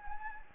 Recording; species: mosquito wingbeat signal from an infrared sensor; Anopheles gambiae